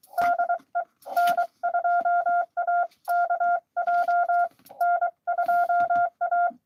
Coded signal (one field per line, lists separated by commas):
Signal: Morse code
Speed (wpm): 24 wpm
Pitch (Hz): 690 Hz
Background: none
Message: DE N2AKJ N2A